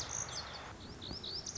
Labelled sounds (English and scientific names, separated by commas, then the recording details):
Lazuli Bunting (Passerina amoena)
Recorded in Sonoma County, California